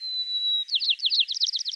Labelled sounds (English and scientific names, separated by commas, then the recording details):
White-crowned Sparrow (Zonotrichia leucophrys) song
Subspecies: nuttalli
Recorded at Abbotts Lagoon, California, in 2014
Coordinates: 38.123, -122.939
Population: north
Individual alKYOS_14